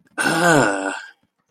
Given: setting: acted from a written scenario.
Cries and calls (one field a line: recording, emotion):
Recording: vocal sound without words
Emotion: disgust